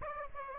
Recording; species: mosquito wingbeat signal from an infrared sensor; Aedes aegypti